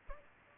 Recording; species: mosquito wingbeat signal from an infrared sensor; Aedes albopictus